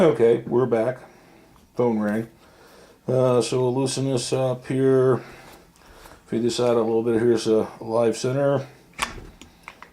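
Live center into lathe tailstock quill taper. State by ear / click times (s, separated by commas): seated / 9.0 s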